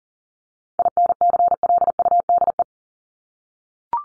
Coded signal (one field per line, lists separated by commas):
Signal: Morse code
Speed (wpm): 40 wpm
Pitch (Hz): 700 Hz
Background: none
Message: INCLUDE